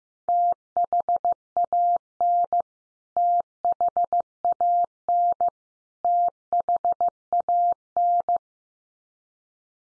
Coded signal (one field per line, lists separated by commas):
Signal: Morse code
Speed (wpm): 15 wpm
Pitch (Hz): 700 Hz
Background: none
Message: THAN THAN THAN